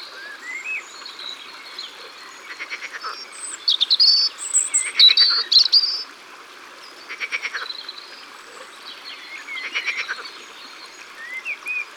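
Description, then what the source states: Water frog giving short rattling, pulsed croaks in bursts every few seconds, with bright bird chirps and whistles throughout. Green frogs at the water's edge.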